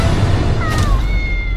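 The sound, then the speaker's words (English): A big cat growls in the film Night at the Museum: Secret of the Tomb, a strained, wavering cry riding over a deep, steady rumble that fills the whole second and a half, loud and unbroken, with no talking. “Never run from a big cat, Lawrence.”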